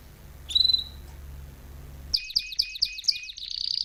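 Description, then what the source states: Canary giving one short whistled note, a pause, then a rapid series of repeated chirps leading into a rolling trill. Belgian canary, male singing a lot; used to warm up young birds.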